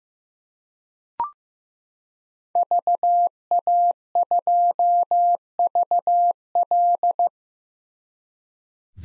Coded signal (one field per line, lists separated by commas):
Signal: Morse code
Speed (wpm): 15 wpm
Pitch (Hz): 700 Hz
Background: none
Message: VA2VL